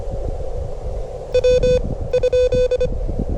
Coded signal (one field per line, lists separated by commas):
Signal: Morse code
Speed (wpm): 24 wpm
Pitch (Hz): 2500 Hz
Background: none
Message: W ?